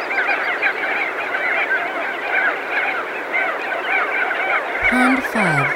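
Crested auklet chorus of rapid overlapping honks and barks, ending with a short downward-sliding electronic tone.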